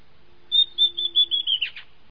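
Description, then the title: Southern chestnut-tailed antbird call: a short run of clear whistled notes that steps slightly downward, closing with two rough, broader notes. Nominate subspecies hemimelaena. "LuckyPassaro Completos2Sama. Southern Chestnut-tailed Antbird (Myrmeciza hemimelaena hemimelaena)"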